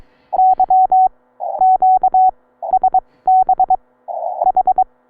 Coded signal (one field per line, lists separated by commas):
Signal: Morse code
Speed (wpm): 22 wpm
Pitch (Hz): 750 Hz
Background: none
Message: YQ SB H